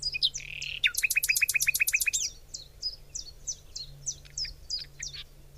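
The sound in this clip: Bird chirping: a quick run of about ten sharp high chirps, then slower, spaced single chirps, over a faint low hum.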